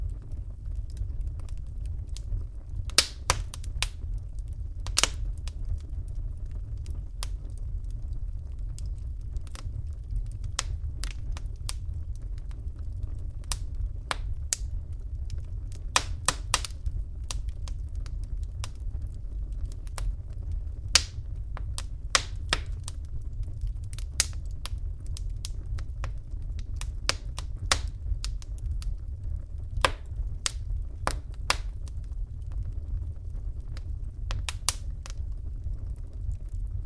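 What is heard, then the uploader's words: A fireplace burns with a steady low rumble while sharp, bright crackles and pops break out irregularly, sometimes in quick clusters, throughout. Burning Fireplace Crackling Fire Sounds. This is is a wonderful burning and crackling fire sound.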